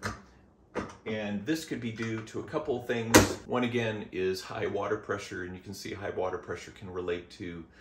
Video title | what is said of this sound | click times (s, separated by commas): Whirlpool Filter Problems? 7 Common Issues Owners Face | um mostly lock into place but then the filter pops out | 0.1 s